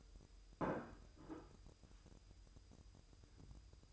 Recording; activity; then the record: daily activity, microphone in the room; place plate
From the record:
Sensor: 2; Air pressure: 988.5 hPa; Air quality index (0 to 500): 193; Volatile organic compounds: 198 ppm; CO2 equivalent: 4208 ppm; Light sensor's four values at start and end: 19/65/25/24 and 19/64/25/24